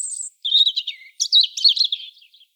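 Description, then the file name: European robin song: a high thin whistle followed by quick, tumbling liquid warbles with brief pauses between phrases. "Erithacus rubecula"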